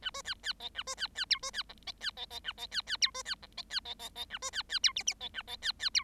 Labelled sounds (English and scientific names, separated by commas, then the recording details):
Bengalese Finch (Lonchura striata domestica) song
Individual Bird7